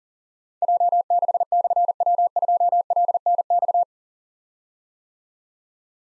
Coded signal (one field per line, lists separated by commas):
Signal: Morse code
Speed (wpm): 38 wpm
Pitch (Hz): 700 Hz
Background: none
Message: J6/W2LNX